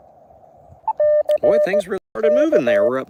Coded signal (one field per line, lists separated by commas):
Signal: Morse code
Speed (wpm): 17 wpm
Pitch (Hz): 590 Hz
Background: speech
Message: C K